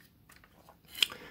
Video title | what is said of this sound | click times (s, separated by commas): Transformers Studio Series 86 Leader Class Grimlock review | raise up this area and then i'll snap into place | 1.0 s